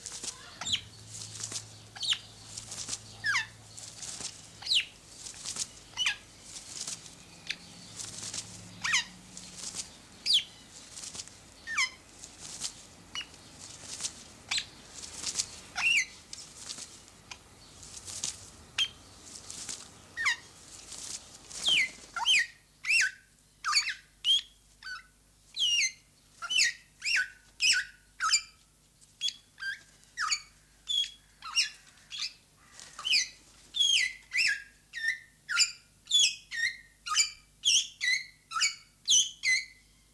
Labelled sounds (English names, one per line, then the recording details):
Greater Vasa Parrot call
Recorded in captivity
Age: adult
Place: Zoo Berlin, Berlin, DE
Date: 2003-06-27 17:42
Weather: heiter, 25°C
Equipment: Fair Mate ST-1328 (Asahi Electronics, Japan), Sennheiser ME 80, Kopie Uher 4000 Report Monitor
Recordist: Tembrock, Günter